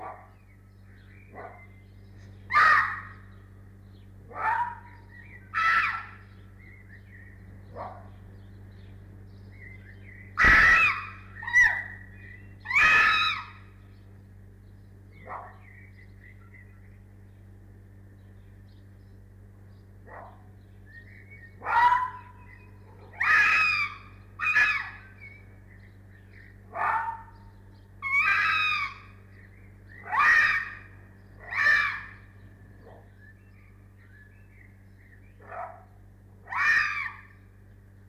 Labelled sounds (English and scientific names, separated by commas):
Arctic Fox (Vulpes lagopus)